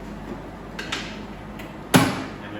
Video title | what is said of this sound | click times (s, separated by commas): Bunn Ultra 2 Slushie Machine Cleaning | Push it in and down and it will click into position. | 1.9 s